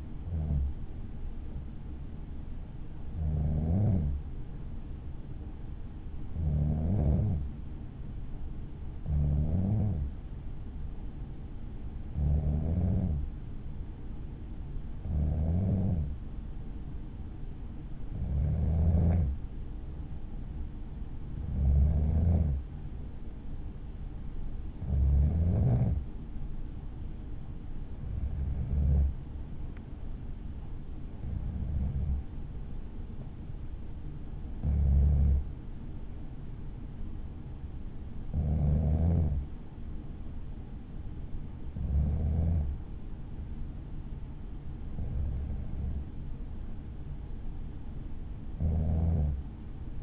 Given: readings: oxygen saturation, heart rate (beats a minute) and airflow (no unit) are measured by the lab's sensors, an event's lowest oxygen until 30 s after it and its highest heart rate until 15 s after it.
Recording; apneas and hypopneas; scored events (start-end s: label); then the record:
breathing in sleep by a smartphone at the bedside; none
none scored
From the record:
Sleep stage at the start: N2 (light sleep); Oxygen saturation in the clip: 93 to 95%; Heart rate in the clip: 54 to 57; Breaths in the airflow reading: 15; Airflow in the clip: -4.2 to 4.3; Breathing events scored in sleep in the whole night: 216 in 7.0 hours asleep